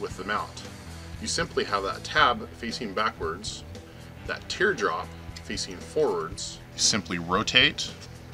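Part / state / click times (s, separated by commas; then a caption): mount into the hydrofoil of a fishing diver / not seated / none. A mount for the plastic hydrofoil of a fishing diver is handled with its tab facing backwards and its teardrop facing forwards, then rotated and slid toward the hydrofoil. Someone talks over background music throughout. Nothing has seated or locked into place yet.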